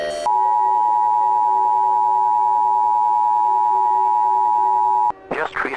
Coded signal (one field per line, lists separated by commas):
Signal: Emergency Alert System (SAME) tones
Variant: 853 and 960 Hz attention tone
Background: speech